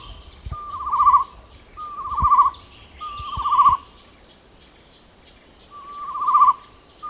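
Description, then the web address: Chestnut-necklaced partridge whistles four times, each note rising in volume, with a gap before the last, plus a few low knocks and loud high insect buzzing. Recorded at Danum on 8 August 2009. "DANUM. chestnut-necklaced hill partridge"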